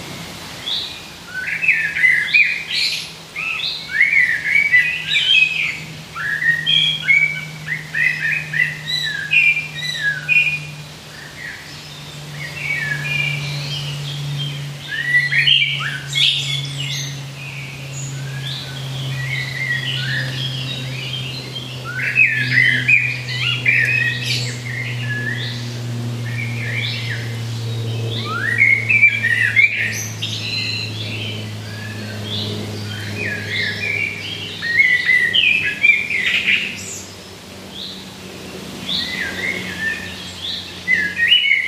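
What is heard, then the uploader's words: Birds sing continuously in the woods, many bright chirps and short trills overlapping throughout with no real pause. Beneath them runs a low, steady hum that slowly drops in pitch over the middle of the clip, like a passing engine. IN THE WOODS.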